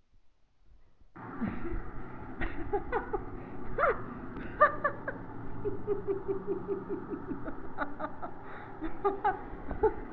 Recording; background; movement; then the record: laughter; traffic; sitting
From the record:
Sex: female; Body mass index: 21.8 kg/m2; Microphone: on the chest, facing the body